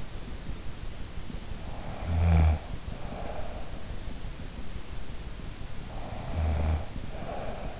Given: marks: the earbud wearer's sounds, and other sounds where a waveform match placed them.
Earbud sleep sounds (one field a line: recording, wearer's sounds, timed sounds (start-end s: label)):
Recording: sounds in sleep by an in-ear microphone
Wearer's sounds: snoring breath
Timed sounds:
1.79-3.75 s: snoring breath
5.79-7.76 s: snoring breath